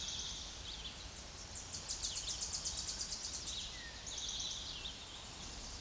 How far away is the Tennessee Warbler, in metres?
about 25 m